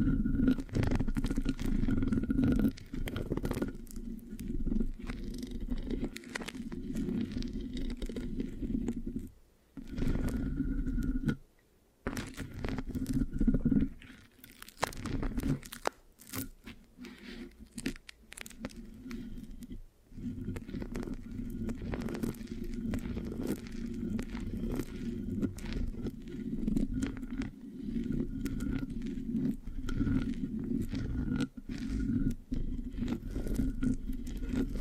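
Mic scratching fills the recording with a thick, rough rustle, steady low rumble under dense crackly scraping and sticky tearing sounds. Brief near-silent gaps break it around 9, 12, 14–16 and 20 seconds, then the scratching resumes just as dense.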